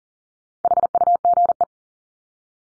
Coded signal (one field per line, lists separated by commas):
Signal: Morse code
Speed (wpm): 40 wpm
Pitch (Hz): 700 Hz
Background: none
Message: HUGE